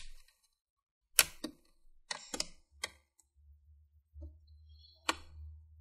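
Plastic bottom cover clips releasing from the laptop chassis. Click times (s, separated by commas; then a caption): 1.2 s, 2.1 s, 2.4 s, 2.8 s, 5.1 s. On an HP X360 14 cd0004la laptop, a plastic pry tool is pushed into the seam between the bottom cover and the top case, then squeezed and twisted. Sharp plastic clicks ring out at 1.2, 2.1, 2.4, 2.8 and 5.1 seconds, with a low hum underneath. The bottom cover's plastic clips pop open and release from the chassis.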